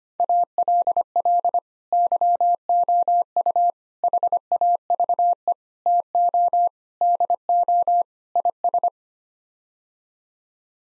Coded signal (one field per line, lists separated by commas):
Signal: Morse code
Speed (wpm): 25 wpm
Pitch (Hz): 700 Hz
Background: none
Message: ALL YOU HAVE TO DO IS